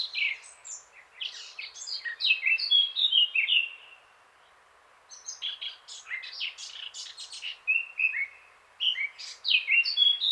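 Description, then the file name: Eurasian blackcap sings repeatedly: scratchy, jumbled warbling mixed with bright fluty whistles, with a short silence between bursts. "Sylvia atricapilla"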